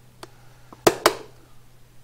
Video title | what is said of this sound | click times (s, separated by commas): Super Capacitor 'Battery' Bank Construction Video | And this just snaps into place | 0.9 s, 1.1 s